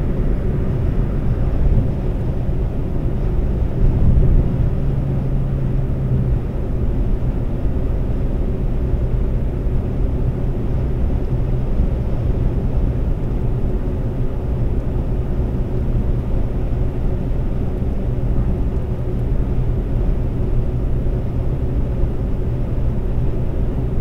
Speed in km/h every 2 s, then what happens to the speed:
127, 127, 127, 127, 127, 127, 127, 127, 127, 127, 127, 127.
0-24 steady at about 127.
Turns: none.